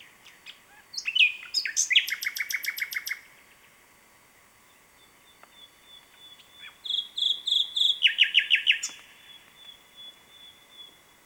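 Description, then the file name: Common nightingale singing: sharp chirps lead into a rapid rattling series, a quiet gap follows, then high repeated notes and a fast dense trill. "Luscinia megarhynchos"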